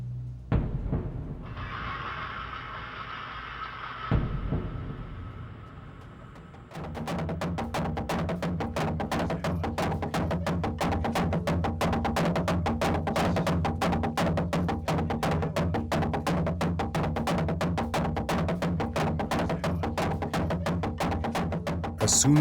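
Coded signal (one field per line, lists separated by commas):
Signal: drum signal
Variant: garamut slit drums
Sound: fast steady hollow wooden drum strokes, several per second, continuing for about fifteen seconds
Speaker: as the sun sets the Nomas gamuts announce the start of the ceremony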